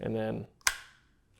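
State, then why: Seated. A Kel-Tec Sub 2000 folding pistol-caliber carbine is unfolded while someone talks. The barrel and receiver half swings open and its notch snaps into the spring-loaded locking lever in the trigger guard with a sharp click at 0.7 s, preceded by a faint tick. It locks into place with a really sturdy lock-up.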